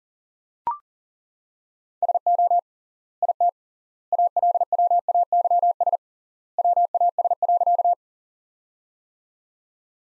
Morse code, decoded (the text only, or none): SO IT ALWAYS WAS.